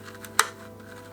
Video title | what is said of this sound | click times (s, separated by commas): HYDRA Internal Filter Review | that simply goes in like so clicks | 0.4 s